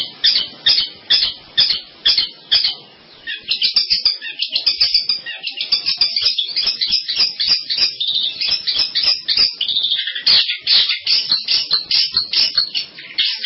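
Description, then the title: Long-tailed shrike song: a few evenly spaced loud chirps, a short pause, then a long rapid rambling chatter of high scratchy notes. "Kicau Burung Pentet"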